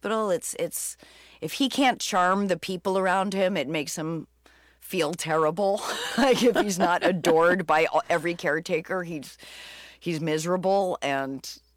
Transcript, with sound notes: It's - if he can't charm the people around him, it makes him feel terrible.
(Laughter).
Like, if he's not adored by every caretaker, he's miserable,